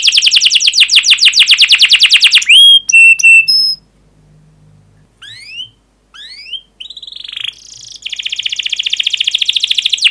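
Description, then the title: Canary song: a fast chirping trill, a few whistled notes, quiet gaps with rising chirps, then a buzzy rapid trill resumes. Canary song, fast and dense chirping, used as a lure to prompt young canaries to learn to sing. "Kenari Gacor Speed RAPAT Cuit Cuit Ngero L Suara Bagus Untuk Pancingan Kenari Paud Belajar Bunyi"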